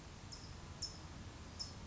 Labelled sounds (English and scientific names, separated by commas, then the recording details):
California Towhee (Melozone crissalis)
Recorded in Sonoma County, California